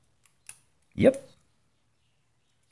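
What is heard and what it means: A metal heat shield snapped onto the circuit board of a LEMFO LEM6 smartwatch is pried up and lifted off. Two short ticks at 0.3 and 0.5 seconds mark it coming free, and the shield is released. Someone talks just after.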